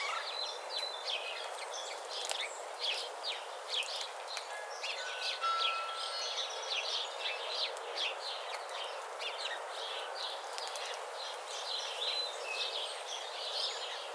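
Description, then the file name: House sparrow chatter, many short chirps pouring out in an unbroken stream, some louder notes standing out, with hiss behind. "Passer domesticus"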